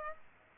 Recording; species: mosquito wingbeat signal from an infrared sensor; Aedes aegypti